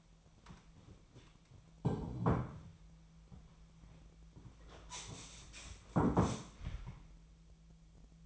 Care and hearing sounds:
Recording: daily activity, microphone in the room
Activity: sit down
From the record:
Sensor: 1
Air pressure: 1008.0 hPa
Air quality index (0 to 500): 191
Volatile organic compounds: 17 ppm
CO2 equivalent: 2584 ppm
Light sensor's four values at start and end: 13/33/13/15 and 13/33/13/15

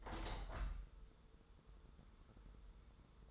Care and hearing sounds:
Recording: daily activity, microphone in the room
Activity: open window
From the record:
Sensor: 3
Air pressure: 995.8 hPa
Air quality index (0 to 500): 92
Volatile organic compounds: 11 ppm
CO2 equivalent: 2280 ppm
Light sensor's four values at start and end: 27/82/34/30 and 28/83/35/31

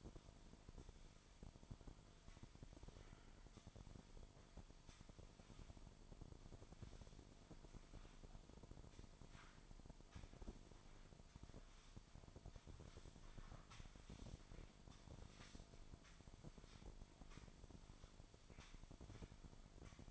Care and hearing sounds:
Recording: daily activity, microphone in the room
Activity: sweep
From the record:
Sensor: 5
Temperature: 24.7 degrees Celsius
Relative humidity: 41.5%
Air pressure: 1003.2 hPa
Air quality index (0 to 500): 131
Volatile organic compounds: 1 ppm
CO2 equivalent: 963 ppm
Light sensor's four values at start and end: 52/124/52/59 and 53/125/53/59

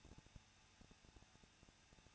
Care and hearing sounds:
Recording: daily activity, microphone in the room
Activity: no activity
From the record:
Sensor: 2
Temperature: 21.0 degrees Celsius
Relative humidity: 37.5%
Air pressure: 1006.2 hPa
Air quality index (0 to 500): 223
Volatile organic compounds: 25 ppm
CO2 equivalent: 2826 ppm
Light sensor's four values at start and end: 2/3/2/2 and 2/3/2/2

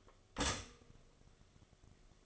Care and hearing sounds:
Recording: daily activity, microphone in the room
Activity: stop toaster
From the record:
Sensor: 4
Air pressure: 1015.5 hPa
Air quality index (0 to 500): 195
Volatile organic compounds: 9 ppm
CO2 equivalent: 2182 ppm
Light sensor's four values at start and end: 4/9/3/3 and 4/9/3/3

